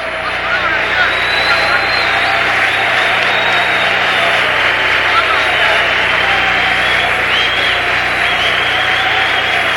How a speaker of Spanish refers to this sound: ¡Un aplauso!